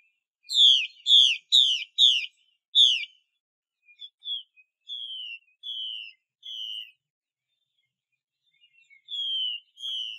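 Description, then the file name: Chinese hwamei song: five loud, downward-slurred whistled notes in quick succession, then softer, sliding whistles after a short pause. Mai xuy song style. "Tieng chim hoa mi mai xuy"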